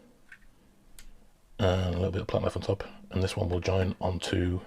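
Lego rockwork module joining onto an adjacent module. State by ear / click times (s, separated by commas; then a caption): not seated / none. A plastic Lego rockwork cliff module, topped with a little plant life, is handled to be pressed onto the neighbouring module. Two faint hits are heard at about 0.3 s and 1.0 s, then someone talks. The module has not seated or clicked into place yet.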